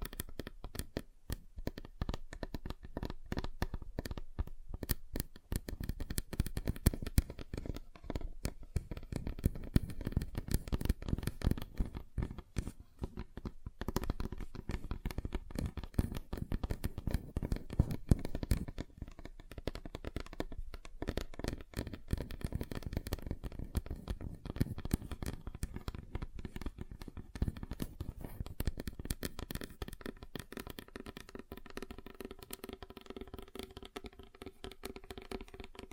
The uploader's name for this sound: Table Tapping Different Surfaces